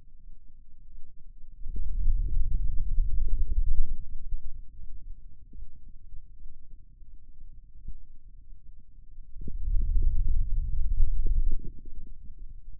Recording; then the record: forearm muscle sounds (acoustic myography)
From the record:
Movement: wrist extension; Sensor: system 2, bracelet of six BSWA MPA416 microphones around the upper forearm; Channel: 3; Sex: male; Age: 22 years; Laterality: right